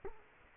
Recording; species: mosquito wingbeat signal from an infrared sensor; Culex quinquefasciatus